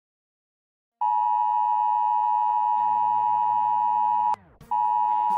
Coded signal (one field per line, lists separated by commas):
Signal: Emergency Alert System (SAME) tones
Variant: 853 and 960 Hz attention tone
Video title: EAS Scenario - Anarchy In Britain